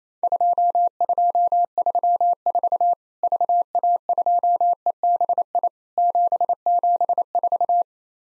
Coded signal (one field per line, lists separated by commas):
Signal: Morse code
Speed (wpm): 28 wpm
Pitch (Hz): 700 Hz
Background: none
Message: 2234 VA2EBI 774